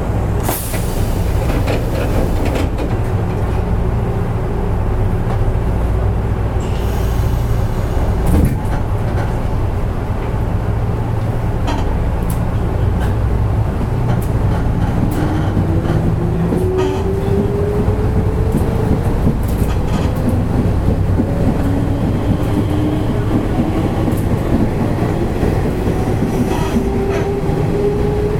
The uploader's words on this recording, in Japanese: 西日本鉄道 5000系の走行音です。急行 小郡行。区間は薬院から二日市までです。